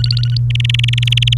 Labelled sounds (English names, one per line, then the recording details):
Domestic Canary song
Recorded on 30 April 2018 at 08:07
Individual llb3